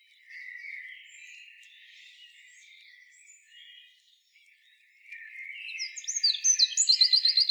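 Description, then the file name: Eurasian wren giving a rapid, high, metallic trill of evenly repeated notes near the end, after a stretch of faint, scratchy warbling. "Troglodytes troglodytes"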